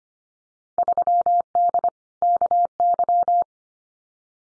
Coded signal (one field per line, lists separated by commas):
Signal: Morse code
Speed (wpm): 25 wpm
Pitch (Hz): 700 Hz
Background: none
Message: 3D KY